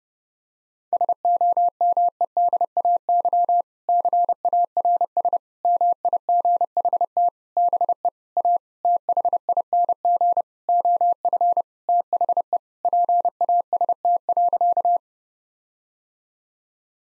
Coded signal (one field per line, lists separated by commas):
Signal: Morse code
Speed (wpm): 30 wpm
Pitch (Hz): 700 Hz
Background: none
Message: SOMEDAY CARS MIGHT BE A THING OF THE PAST.